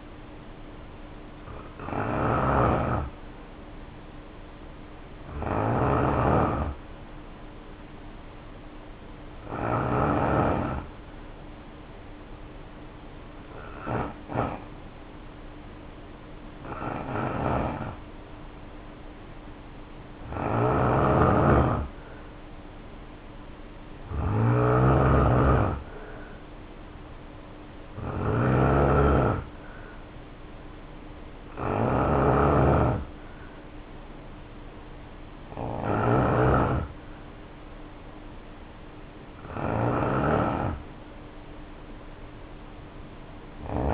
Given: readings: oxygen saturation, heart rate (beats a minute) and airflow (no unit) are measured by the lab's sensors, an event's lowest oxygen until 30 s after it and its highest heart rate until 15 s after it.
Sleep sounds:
breathing in sleep by a voice recorder at the bedside; 1
7.00-24.10 s: hypopnea (N2, oxygen 91% highest, then 86% lowest, heart rate 59 at the start, 70 highest)
From the record:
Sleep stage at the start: N2 (light sleep); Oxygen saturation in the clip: 86 to 91%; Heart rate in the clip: 56 to 70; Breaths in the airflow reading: 10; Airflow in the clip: -2.4 to 3.8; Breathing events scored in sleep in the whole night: 520 in 7.2 hours asleep

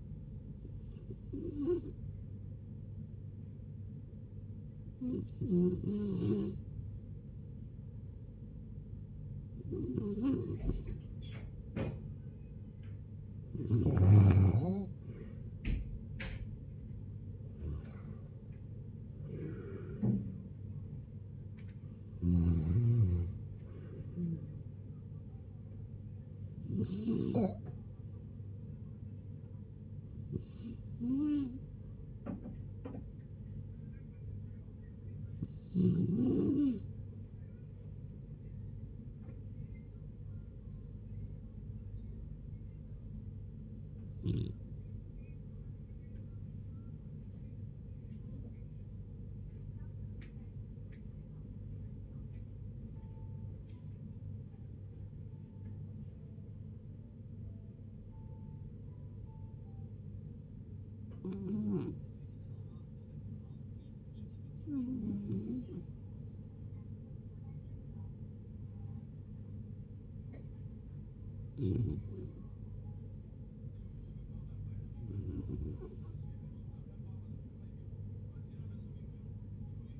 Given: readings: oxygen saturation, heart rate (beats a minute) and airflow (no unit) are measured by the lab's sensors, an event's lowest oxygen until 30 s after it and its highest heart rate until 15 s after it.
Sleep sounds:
a person awake in a sleep study, by a smartphone at the bedside; none
0.00-80.00 s: awake
0.00-80.00 s: awake
From the record:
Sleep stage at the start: awake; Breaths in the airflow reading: 31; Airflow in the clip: -0.7 to 0.7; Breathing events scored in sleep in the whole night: 496 in 5.4 hours asleep

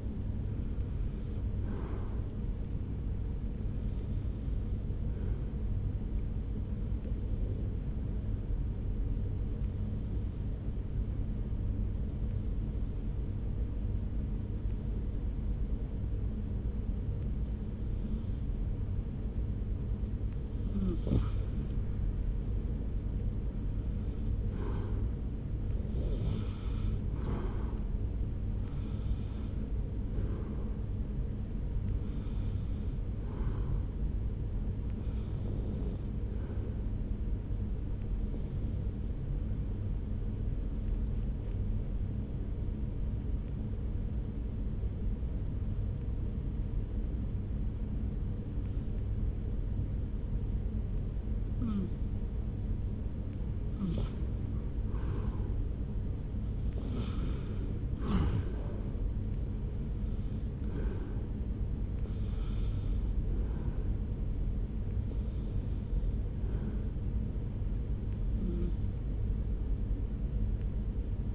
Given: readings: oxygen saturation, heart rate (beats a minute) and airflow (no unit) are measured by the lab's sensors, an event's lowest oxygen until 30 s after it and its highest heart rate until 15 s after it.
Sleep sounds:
breathing in sleep by a smartphone at the bedside; 2
3.00-25.70 s: hypopnea (REM, oxygen 95% highest, then 90% lowest)
40.00-56.20 s: hypopnea (REM, oxygen 95% highest, then 85% lowest)
From the record:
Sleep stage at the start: REM sleep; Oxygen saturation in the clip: 83 to 95%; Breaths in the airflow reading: 18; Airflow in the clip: -1.7 to 3.7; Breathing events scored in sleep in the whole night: 335 in 6.7 hours asleep

